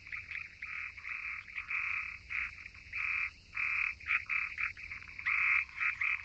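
Frogs croaking in a chorus, harsh bursts overlapping and stopping unevenly, with short gaps of quiet between calls.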